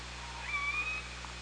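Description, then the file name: Killer whale: orca call: one brief whistled tone with a harmonic above, slightly rising then level, heard over constant hydrophone hiss and a low steady drone. OrcaLab hydrophone, 24 August 2017, 17:39:15. "Orca Lab UTLN JASON 20170824 173915"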